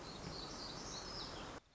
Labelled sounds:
Black-throated Gray Warbler
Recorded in Sonoma County, California

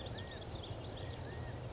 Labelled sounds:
California Quail
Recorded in Sonoma County, California

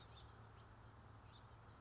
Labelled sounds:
House Finch
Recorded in Sonoma County, California

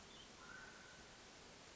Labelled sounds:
Mountain Quail
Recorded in Sonoma County, California

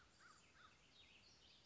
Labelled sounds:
American Crow
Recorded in Sonoma County, California

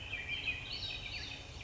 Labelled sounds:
Swainson's Thrush
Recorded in Sonoma County, California

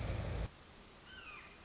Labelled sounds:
Red-shouldered Hawk
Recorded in Sonoma County, California

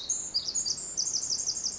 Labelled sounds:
Pacific Wren
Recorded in Sonoma County, California

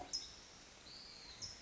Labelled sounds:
California Towhee
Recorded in Sonoma County, California

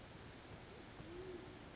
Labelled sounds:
Band-tailed Pigeon
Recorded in Sonoma County, California

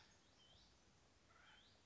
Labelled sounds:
Acorn Woodpecker
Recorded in Sonoma County, California

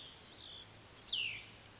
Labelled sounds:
Cassin's Vireo
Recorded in Sonoma County, California

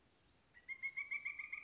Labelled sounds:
Pileated Woodpecker
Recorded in Sonoma County, California

